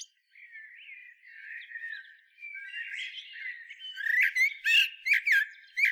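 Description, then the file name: Eurasian blackbird with soft low warbling first, building into a fast series of sharp, high chirps and squeaks toward the end. "Turdus merula"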